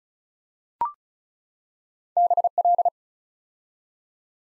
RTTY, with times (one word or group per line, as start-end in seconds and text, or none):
none